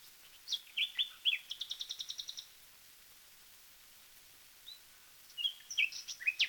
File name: nightingale song disc 1 side a songs of wild birds 1936